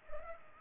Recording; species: mosquito wingbeat signal from an infrared sensor; Culex pipiens